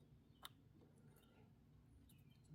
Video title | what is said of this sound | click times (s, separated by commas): Side mirror replacement 99 - 02 Chevy Silverado | Just push it in until you hear it lock. | 0.5 s